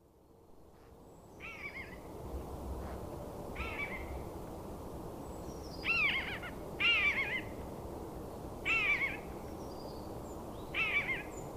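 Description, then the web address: Eurasian jay calling: six slurred, arched calls at uneven intervals of about one to two and a half seconds. "agykontroll Madardalok Cd 2. Szajkó"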